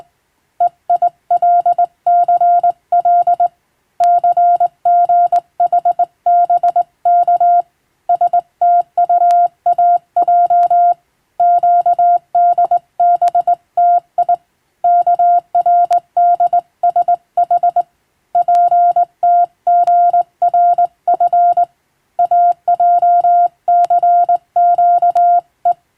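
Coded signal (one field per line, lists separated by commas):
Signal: Morse code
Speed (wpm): 20 wpm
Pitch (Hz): 700 Hz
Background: none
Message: EILCL CGHBK STUAJ QDBTI KRDSH PTGRF AJCQE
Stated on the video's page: Morse receiving practice for amateur radio, sent by a first-class radiotelegraph operator from a Latin-alphabet telegram sending practice book.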